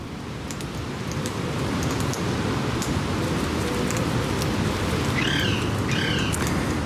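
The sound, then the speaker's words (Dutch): Rose-ringed parakeets feeding on berries in the Beatrixpark in Amsterdam, with a dense, steady crackle of berries popping that sounds almost like rain, and a couple of short, harsh squawks breaking through near the end. “Maar u hoort het ploppen van besjes, etende halsbandparkieten.”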